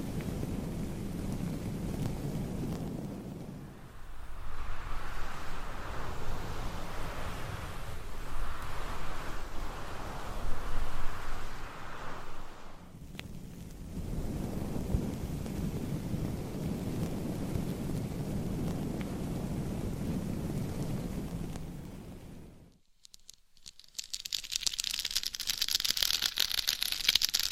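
Close, rumbling scratching and rubbing on microphone covers, low and dense in long stretches, pausing briefly near 23 seconds before brighter, crisper scratching.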